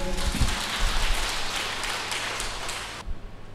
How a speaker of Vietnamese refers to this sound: Thôi tự cho anh tràng pháo tay luôn đi.